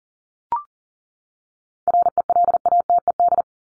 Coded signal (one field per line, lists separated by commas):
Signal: Morse code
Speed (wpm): 40 wpm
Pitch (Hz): 700 Hz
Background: none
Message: RELATED